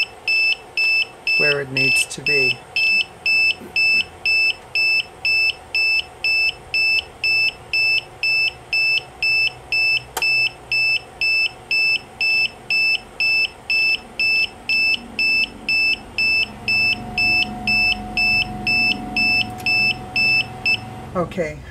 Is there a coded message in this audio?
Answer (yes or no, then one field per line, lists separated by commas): no